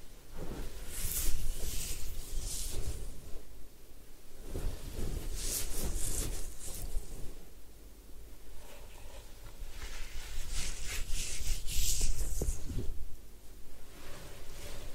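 Head spa hair wash with massage: soft scrubbing and rubbing of wet hair rises and falls in slow swells, with hissy, bright bursts around 1, 5–7 and 10–13 seconds. A low rumble and muffled handling noises continue underneath throughout.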